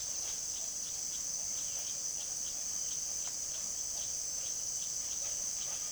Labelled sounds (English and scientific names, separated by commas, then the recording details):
none
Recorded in secondary vegetation near Puerto Asís, Putumayo, Colombia, on 22 June 2025 at 18:00
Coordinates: 0.489, -76.322
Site G021